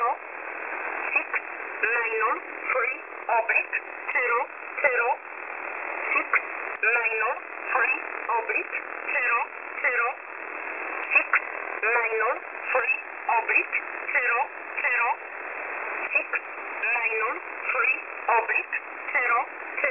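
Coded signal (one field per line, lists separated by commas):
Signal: numbers station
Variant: E11 Oblique, English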